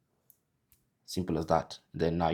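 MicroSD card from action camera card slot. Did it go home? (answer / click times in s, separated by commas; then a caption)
released / 0.3 s. A microSD card is pushed into the card slot of an Insta360 Luna Ultra action camera so the spring latch unlocks and ejects it, giving a sharp click at 0.3 s followed by a fainter tick around 0.7 s. The card is released from the slot, and then someone talks.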